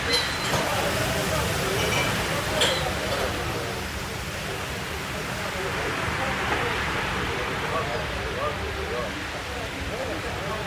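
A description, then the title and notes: Steady café murmur of overlapping voices over a constant wash of ocean waves, with a few brief clinks near the start and around two and a half seconds. Seaside Coffee Shop Ambience: Cafe & Ocean Waves Sounds.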